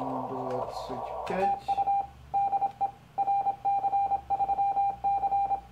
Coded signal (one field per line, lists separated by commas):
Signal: Morse code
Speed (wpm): 26 wpm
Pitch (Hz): 800 Hz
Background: speech, radio noise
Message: TU DE RC3C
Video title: RC3C: Minitest 11.06.2014 40/80CW - 40 CW {Open Video}